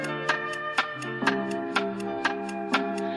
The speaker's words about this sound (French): Lorsque l'horloge sonna 2 heures, on vit apparaître Adam et Ève dans le jardin d'Éden.